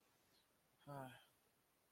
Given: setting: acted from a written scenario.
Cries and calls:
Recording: vocal sound without words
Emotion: contempt

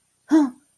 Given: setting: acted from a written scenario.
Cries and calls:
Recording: vocal sound without words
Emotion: fear

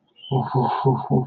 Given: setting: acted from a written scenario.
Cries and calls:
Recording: vocal sound without words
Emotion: serenity

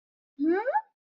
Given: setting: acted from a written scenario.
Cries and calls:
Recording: vocal sound without words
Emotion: contempt

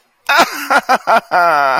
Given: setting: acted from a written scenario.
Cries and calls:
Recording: vocal sound without words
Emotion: pain

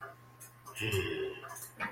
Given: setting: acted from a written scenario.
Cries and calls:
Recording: vocal sound without words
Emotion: neutral

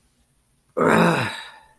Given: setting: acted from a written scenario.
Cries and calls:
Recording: vocal sound without words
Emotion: embarrassment

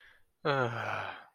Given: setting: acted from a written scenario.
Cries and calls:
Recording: vocal sound without words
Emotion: contentment

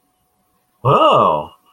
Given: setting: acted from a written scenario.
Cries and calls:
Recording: vocal sound without words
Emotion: positive surprise

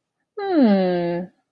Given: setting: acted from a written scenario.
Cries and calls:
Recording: vocal sound without words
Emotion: interest

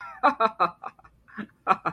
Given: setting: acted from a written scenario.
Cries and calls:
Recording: vocal sound without words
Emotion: amusement

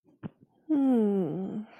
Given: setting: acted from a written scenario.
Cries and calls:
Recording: vocal sound without words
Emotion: sadness

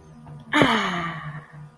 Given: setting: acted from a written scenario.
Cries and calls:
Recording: vocal sound without words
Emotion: contentment

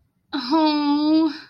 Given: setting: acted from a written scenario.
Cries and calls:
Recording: vocal sound without words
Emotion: adoration

